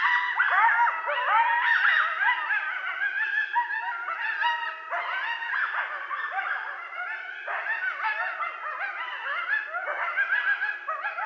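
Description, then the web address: Coyotes yipping and howling together in a dense, overlapping chorus of wavering, high yelps that continues without pause. Several coyotes recorded on 13 November 2012. "Coyote 2012 11 13 Coyotes 03"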